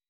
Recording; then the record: hydrophone in a shrimp aquaculture tank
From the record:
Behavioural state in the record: weakened